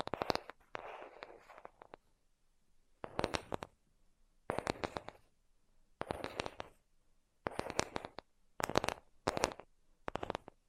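Tapping comes in short bursts of quick, bright clicks, each cluster lasting about half a second with near silence between. The clusters repeat roughly every second and a half. The opening two seconds hold a denser, softer scratchy patch mixed in with the taps.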